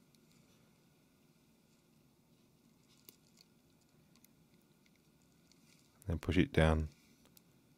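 A metal retaining clip is placed end-first over a flex cable connector on an Oppo A37M phone board and pushed down. Only a few faint, sharp ticks are heard over a quiet background, and someone talks near the end. Nothing has seated or clicked yet.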